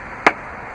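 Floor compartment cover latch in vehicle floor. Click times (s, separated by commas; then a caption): 0.3 s. A floor compartment cover latch in a vehicle floor is unlocked so the Stow 'n Go second-row seat can be pulled back up. A single loud, sharp click is heard at 0.3 s against a quiet background. The latch releases.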